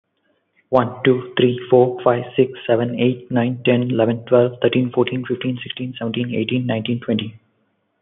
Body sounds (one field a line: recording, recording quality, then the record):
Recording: counting at a fast pace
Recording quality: excellent, no background noise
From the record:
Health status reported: healthy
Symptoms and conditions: none ticked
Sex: male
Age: 34 years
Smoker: not ticked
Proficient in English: yes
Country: India